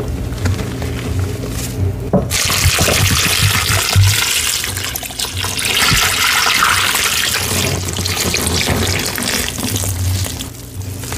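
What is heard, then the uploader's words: Chalk paste being mixed, a dense, continuous wet swishing and scraping that sounds almost like pouring liquid. It starts quieter, swells after about two seconds, stays full until near the end, then eases off, with a steady low hum underneath throughout. Crushing black gym chalk blocks and reforms, plus the full reforming process, including paste mixing.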